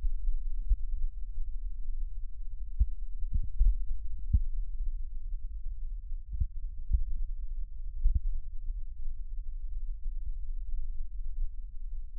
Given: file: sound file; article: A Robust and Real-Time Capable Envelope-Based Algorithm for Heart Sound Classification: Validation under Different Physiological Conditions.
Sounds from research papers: heart sounds by electronic stethoscope; rest; normal; sitting; centre of the back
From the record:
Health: healthy, no known heart disease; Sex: male

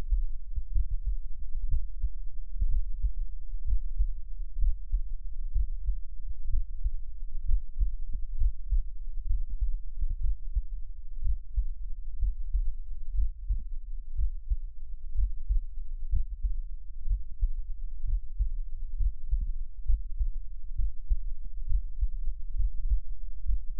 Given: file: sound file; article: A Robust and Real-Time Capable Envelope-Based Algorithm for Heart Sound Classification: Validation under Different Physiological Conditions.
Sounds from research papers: heart sounds by electronic stethoscope; rest; normal; lying on back; Erb’s point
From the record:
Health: healthy, no known heart disease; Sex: male

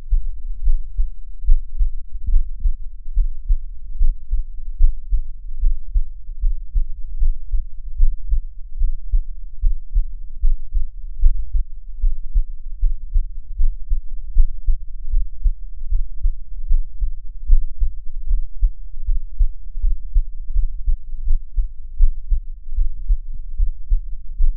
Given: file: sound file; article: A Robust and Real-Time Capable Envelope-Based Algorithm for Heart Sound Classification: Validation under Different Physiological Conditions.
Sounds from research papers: heart sounds by electronic stethoscope; rest; normal; lying on right side; Erb’s point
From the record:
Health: healthy, no known heart disease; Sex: male

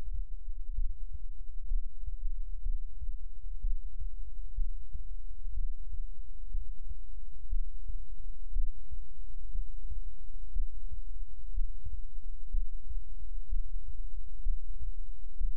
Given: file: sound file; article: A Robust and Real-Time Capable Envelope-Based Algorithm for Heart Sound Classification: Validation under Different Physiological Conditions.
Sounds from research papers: heart sounds by electronic stethoscope; rest; normal; lying on right side; Erb’s point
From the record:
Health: healthy, no known heart disease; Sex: male

